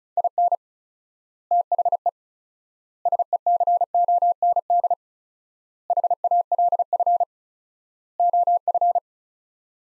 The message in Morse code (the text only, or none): IN THE SECOND HALF OF